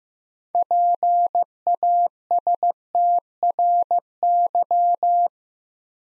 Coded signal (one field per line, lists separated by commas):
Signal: Morse code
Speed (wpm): 15 wpm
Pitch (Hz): 700 Hz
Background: none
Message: PASTRY